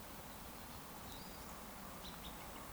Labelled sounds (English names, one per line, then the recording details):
Eurasian Woodcock whistle
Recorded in Baden-Württemberg, Germany, on 14 June 2020 at 20:07 UTC
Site 14569, 102 m above sea level